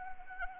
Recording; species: mosquito wingbeat signal from an infrared sensor; Anopheles arabiensis